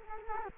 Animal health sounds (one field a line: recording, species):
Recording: mosquito wingbeat signal from an infrared sensor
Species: Culex quinquefasciatus